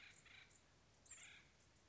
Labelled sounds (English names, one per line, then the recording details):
Acorn Woodpecker
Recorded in Sonoma County, California